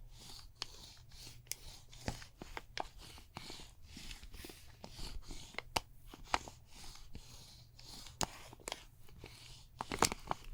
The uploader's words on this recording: ASMR Relaxing Neck & Shoulders MASSAGE (No Talking) Layered Sounds.